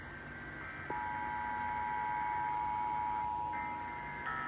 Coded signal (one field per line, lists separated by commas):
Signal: Emergency Alert System (SAME) tones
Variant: 853 and 960 Hz attention tone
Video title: EAS- More Monsoon Storm Alert Catches, an RMT, and a NWR Weekly (8/26/25-8/27/25)